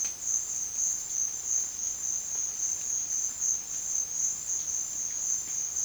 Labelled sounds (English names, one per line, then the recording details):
none
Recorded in pastures near Puerto Asís, Putumayo, Colombia, on 29 June 2025 at 14:30
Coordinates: 0.502, -76.324
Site G010